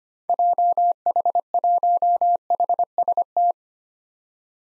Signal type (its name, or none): Morse code